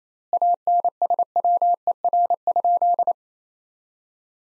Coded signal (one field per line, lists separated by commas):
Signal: Morse code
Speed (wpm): 28 wpm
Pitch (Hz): 700 Hz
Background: none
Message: ANSWER?